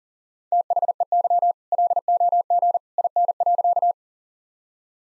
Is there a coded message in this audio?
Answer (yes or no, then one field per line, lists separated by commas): yes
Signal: Morse code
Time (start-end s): 0.5-3.9 s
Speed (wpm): 40 wpm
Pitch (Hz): 700 Hz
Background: none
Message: THEY LOG IN.